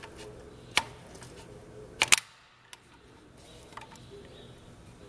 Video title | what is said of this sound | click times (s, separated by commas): Keeton & Mojo Wire Installation On Planters In No Till Farming. | you hear it pop into place like that | 2.1 s